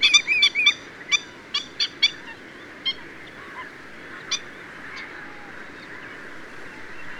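Black-winged stilt calling with a quick burst of sharp, nasal yelps, then scattered single notes that thin out into a steady hiss.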